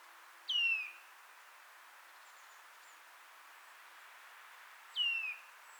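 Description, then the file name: Eurasian nuthatch, two loud piping calls falling in pitch, spaced about four and a half seconds apart. "Sitta europaea"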